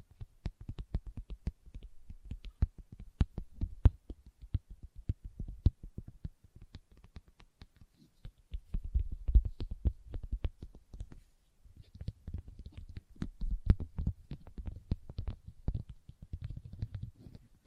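Leather being tapped and scratched, with dense, irregular taps and rubbing throughout. Quick clicks come in bursts, with a soft low rumble beneath them that swells around the 9 and 12 to 17 second marks. A brief near-quiet gap falls just before 12 seconds.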